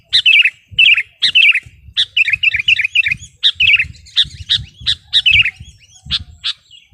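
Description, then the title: Sooty-headed bulbul song: repeated liquid, falling phrases, then scattered sharp single notes, with faint low noise. "kutilang"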